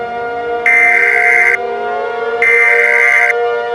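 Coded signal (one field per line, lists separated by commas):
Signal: Emergency Alert System (SAME) tones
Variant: header bursts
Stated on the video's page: Fictional EAS scenario themed on The Thing.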